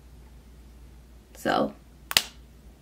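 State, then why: Seated. A Fenty Icon refillable lipstick refill bullet is pushed into its plastic case base until it snaps in, while someone talks briefly. Two sharp clicks ring out at 2.1 s and 2.2 s, the second one louder, as the refill seats firmly in the case.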